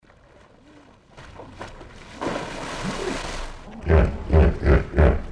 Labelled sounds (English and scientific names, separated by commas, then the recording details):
Common Hippopotamus (Hippopotamus amphibius)
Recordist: Tembrock, Günter
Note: Schnaufen des Bullen und Rufreihe des Weibchens